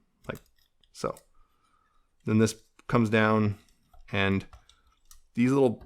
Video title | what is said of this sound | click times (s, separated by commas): Transformers War for Cybertron: Earthrise Snapdragon | Like this, and bend a little bit, and then bring the little dragon feet down like that until they click into place, like | 0.3 s